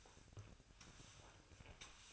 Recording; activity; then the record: daily activity, microphone in the room; sweep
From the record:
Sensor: 2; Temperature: 24.5 degrees Celsius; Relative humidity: 39.5%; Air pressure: 1003.0 hPa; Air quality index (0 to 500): 199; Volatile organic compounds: 6 ppm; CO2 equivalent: 1891 ppm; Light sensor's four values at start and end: 11/26/11/12 and 11/26/11/12